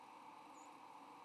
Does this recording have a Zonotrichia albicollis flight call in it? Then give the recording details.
yes. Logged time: 07:05 on 8 November 2014